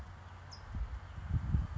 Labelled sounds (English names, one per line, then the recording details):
California Towhee
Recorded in Sonoma County, California